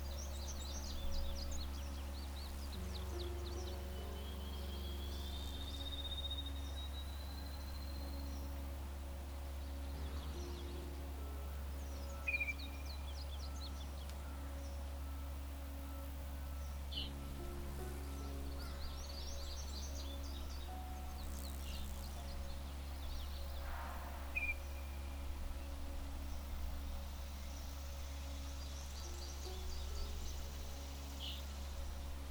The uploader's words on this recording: Relaxing Music with Bird Sounds. The birds sing to each other while a piano melody.